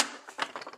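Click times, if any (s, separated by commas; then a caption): 0.4 s. A detachable plastic piece of a Mattel Ghostbusters Ghost Trap prop replica toy is slid back into its slot, with a series of short, bright clacks and rattles. The piece locks in place with a sharp click at 0.4 s, and more light taps follow.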